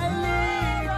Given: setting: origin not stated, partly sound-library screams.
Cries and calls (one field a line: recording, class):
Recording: one-second piece from a danger detection set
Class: normal situation